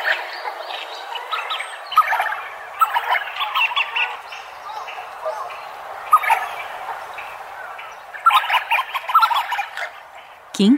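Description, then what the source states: Tufted duck flock calling: dense bursts of harsh chattering notes that come in waves, louder at times. In a park in Tokyo, Japan.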